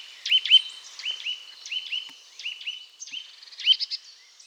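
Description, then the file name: Eurasian nuthatch calls: short, rising, whistled notes, mostly in pairs and repeated several times, with fainter higher chirps behind. "Sitta europaea"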